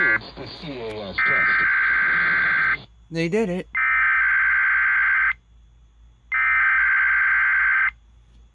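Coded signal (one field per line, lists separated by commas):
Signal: Emergency Alert System (SAME) tones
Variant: header bursts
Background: speech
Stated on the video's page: Radio station required weekly test received with an SDR.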